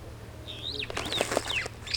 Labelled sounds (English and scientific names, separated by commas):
Superb Starling (Lamprotornis superbus) flight call